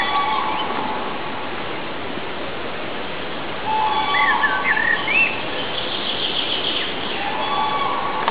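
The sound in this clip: Common crane calls: trumpeting bursts near the start, middle and end, with thin high chirps over steady background hiss.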